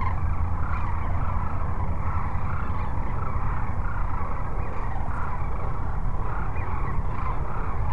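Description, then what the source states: Many sandhill cranes calling together in a continuous overlapping chorus of rolling notes, with heavy low-pitched rumble beneath. Sandhill cranes at Cochise Lakes on 30 January 2019.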